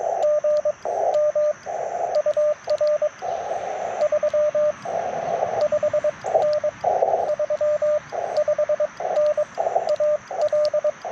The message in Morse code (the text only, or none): GM UR 35N 35N AL